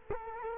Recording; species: mosquito wingbeat signal from an infrared sensor; Culex quinquefasciatus